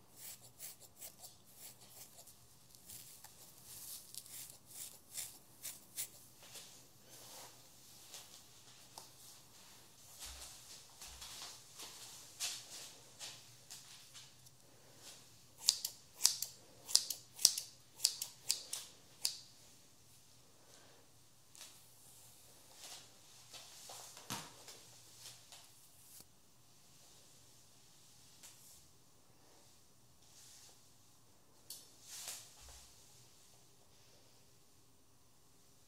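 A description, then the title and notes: A haircut with no talking: sharp, bright snips of scissors come in scattered bursts, busiest between about 15 and 20 seconds, then thinning out. A low steady hum runs underneath throughout, with a few soft low thumps around 10 and 32 seconds. Haircut Real Hair and No Talking.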